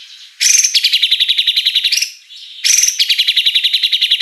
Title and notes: Pancingan Gacor Murai Batu Bongkar Isian Mewah. Audio Murai Batu Dongfeng